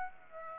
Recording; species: mosquito wingbeat signal from an infrared sensor; Aedes aegypti